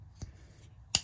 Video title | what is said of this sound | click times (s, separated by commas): Restoring a Vintage 1990 Case XX Hawk Bill Knife from North Carolina! | for a while but listen it got a snap back hear that | 1.0 s